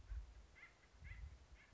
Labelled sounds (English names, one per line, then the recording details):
Acorn Woodpecker
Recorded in Sonoma County, California